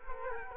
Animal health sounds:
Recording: mosquito wingbeat signal from an infrared sensor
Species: Culex quinquefasciatus

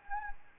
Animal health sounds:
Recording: mosquito wingbeat signal from an infrared sensor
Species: Anopheles gambiae

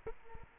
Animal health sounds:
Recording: mosquito wingbeat signal from an infrared sensor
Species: Culex quinquefasciatus

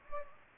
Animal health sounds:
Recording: mosquito wingbeat signal from an infrared sensor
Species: Anopheles gambiae

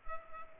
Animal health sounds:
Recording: mosquito wingbeat signal from an infrared sensor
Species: Culex pipiens

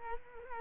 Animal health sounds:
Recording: mosquito wingbeat signal from an infrared sensor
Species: Culex quinquefasciatus

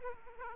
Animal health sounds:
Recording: mosquito wingbeat signal from an infrared sensor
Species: Aedes aegypti

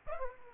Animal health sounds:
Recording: mosquito wingbeat signal from an infrared sensor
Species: Aedes aegypti

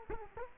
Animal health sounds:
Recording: mosquito wingbeat signal from an infrared sensor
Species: Culex quinquefasciatus

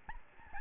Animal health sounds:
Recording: mosquito wingbeat signal from an infrared sensor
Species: Aedes albopictus

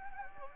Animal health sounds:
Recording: mosquito wingbeat signal from an infrared sensor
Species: Anopheles gambiae

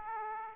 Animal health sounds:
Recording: mosquito wingbeat signal from an infrared sensor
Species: Aedes aegypti

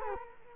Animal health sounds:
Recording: mosquito wingbeat signal from an infrared sensor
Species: Culex quinquefasciatus

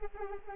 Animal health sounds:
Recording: mosquito wingbeat signal from an infrared sensor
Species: Anopheles arabiensis

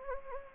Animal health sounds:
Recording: mosquito wingbeat signal from an infrared sensor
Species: Anopheles gambiae

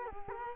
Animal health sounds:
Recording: mosquito wingbeat signal from an infrared sensor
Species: Culex quinquefasciatus

